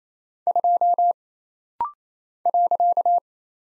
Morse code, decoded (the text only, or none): 2 .